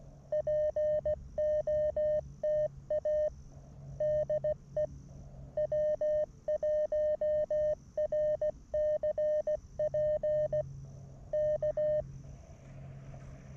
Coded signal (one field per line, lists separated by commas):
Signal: Morse code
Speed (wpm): 16 wpm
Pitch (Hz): 590 Hz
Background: none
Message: POTA DE W1RCP K